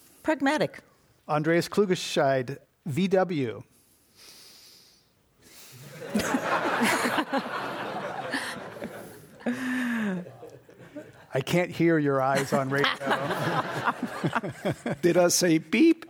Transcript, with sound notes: Pragmatic.
Andreas Klugescheid, VW.
[Laughter]
I can't hear, your eyes on radio.
Did I say beep?